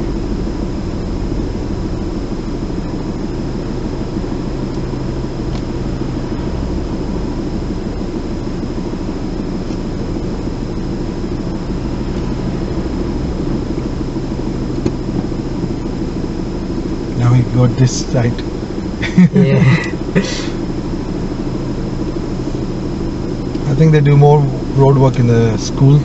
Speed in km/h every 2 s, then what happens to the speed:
0, 0, 0, 0, 0, 0, 0, 0, 0, 0, 0, 0, 0.
0-26 standing.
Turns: none.